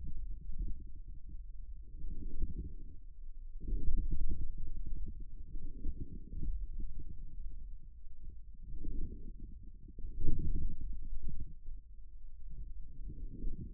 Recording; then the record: forearm muscle sounds (acoustic myography)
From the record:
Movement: forearm supination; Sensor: system 1, eight BSWA MPA416 microphones around the upper forearm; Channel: 8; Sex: male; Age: 41 years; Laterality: right